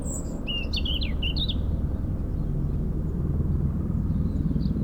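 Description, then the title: European robin giving a short phrase of a few high, wavering notes near the start, then mostly the deep drone of a helicopter. Singing in a hedge near Lac du Bourget, Brison-Saint-Innocent, France, during a helicopter airlift for cliff works, sound echoing off Mont Corsuet; Zoom H4n Pro recorder placed upright on the ground. "4 Chem. de la Pointe Forestier, Brison-Saint-Innocent, France - Duo rouge-gorge hélicoptère"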